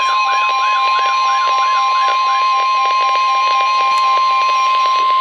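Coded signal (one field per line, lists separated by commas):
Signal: Emergency Alert System (SAME) tones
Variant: 1050 Hz attention tone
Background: music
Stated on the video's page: NOAA weather radio alerts from the National Weather Service, received on Radioshack 12-993, Radioshack 12-382, Midland WR-100 and Eton ZoneGuard weather radios.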